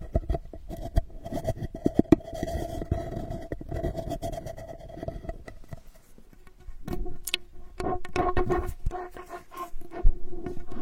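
Straw therapy ear digging gives a dense crackle of quick scratchy clicks over a low rumble and steady hum, easing near six seconds, then returning.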